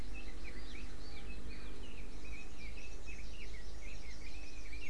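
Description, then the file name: Birds calling in a dense, continuous twittering chorus of short swooping chirps, layered over a low steady hum. "mainly bird"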